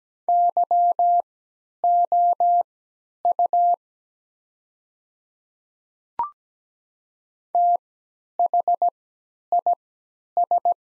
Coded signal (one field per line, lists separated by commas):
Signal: Morse code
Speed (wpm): 17 wpm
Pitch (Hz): 700 Hz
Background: none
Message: YOU THIS